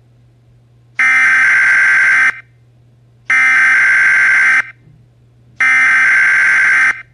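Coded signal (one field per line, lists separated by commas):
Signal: Emergency Alert System (SAME) tones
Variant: header bursts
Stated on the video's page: Simulated EAS scenario, not a real alert.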